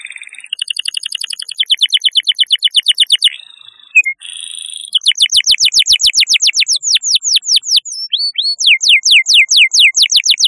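Canary song, loud and continuous, shifting from steady buzzy trills into long runs of quick, sharply descending whistled notes.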